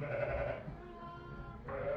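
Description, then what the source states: Sheep bleat, a steady nasal note that fades, then a second short bleat starting near the end. A lamb.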